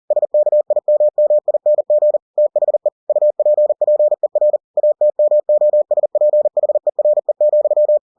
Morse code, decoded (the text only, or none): SKIMMING THE UPPER ATMOSPHERE,